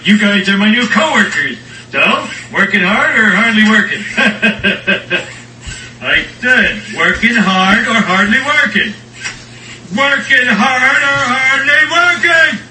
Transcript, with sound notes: you guys are my new co-workers. So working hard or hardly working? (laugh). I said, 'Working hard or hardly working?' 'Working hard or hardly working?